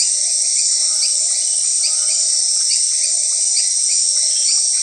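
Grasshoppers and crickets: orthopteran chorus: a loud high steady hiss, with quick rising chirps scattered through it and a short low trill near the start.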